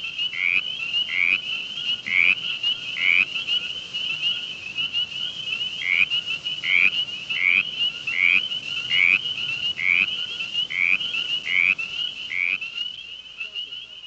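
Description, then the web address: Tree frog calls: short, bright notes repeated about once a second in two runs with a pause between them, over a steady high insect-like drone. "frogs Family Hylidae"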